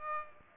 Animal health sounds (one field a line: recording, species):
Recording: mosquito wingbeat signal from an infrared sensor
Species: Aedes aegypti